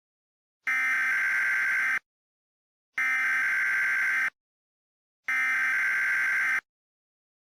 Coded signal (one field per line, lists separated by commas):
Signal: Emergency Alert System (SAME) tones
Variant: header bursts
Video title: EAS Scenario: Trump's Impeachment